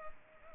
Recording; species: mosquito wingbeat signal from an infrared sensor; Culex pipiens